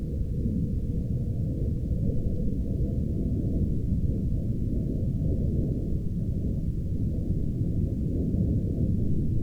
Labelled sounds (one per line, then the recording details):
aircraft
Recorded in the Arctic National Wildlife Refuge, Alaska, on 16 August 2019 at 01:46
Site 40